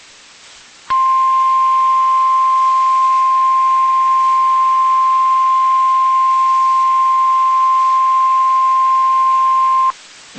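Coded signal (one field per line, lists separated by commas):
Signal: Emergency Alert System (SAME) tones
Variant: 1050 Hz attention tone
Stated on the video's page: Four severe thunderstorm warning EAS alerts from NOAA weather radio station KIG86, Columbus, Ohio.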